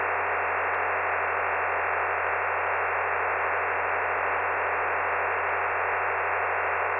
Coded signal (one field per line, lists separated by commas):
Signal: digital SSTV (DRM)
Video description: digital slow scan television picture exchange on the 146.700 MHz Ferny Creek NBFM repeater